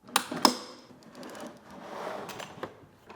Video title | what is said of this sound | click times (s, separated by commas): How To Build Your Land Cruiser 250 Drawer System | the ball bearings right now are lining up with the inner rail slide it back we're going to hear a click | 0.2 s, 0.5 s